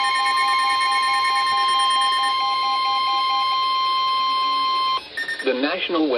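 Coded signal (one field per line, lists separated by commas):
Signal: Emergency Alert System (SAME) tones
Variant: 1050 Hz attention tone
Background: speech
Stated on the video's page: Severe thunderstorm warning received on NOAA weather radios in Indiana.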